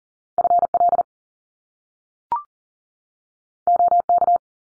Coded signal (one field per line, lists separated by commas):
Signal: Morse code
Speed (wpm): 40 wpm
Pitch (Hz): 700 Hz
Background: none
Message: FL OK